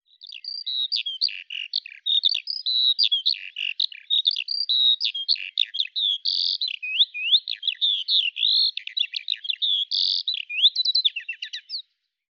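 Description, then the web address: Eurasian skylark song, an unbroken rush of high, rapid, varied chirps, trills and slurred whistles pouring out throughout. "Deverinetal 2025 File cleaned normalized Bird Al Ar"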